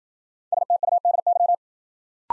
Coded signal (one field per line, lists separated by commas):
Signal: Morse code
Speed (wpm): 52 wpm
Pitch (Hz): 700 Hz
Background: none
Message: STUDY